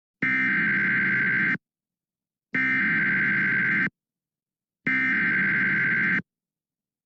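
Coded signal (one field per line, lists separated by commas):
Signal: Emergency Alert System (SAME) tones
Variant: header bursts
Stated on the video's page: Mock severe thunderstorm warning, not a real alert.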